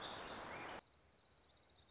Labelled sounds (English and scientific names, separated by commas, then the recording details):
Black-throated Gray Warbler (Setophaga nigrescens)
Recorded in Sonoma County, California